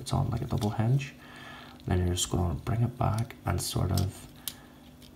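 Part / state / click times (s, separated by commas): hinged plastic panel into a transforming action figure body / seated / 4.5 s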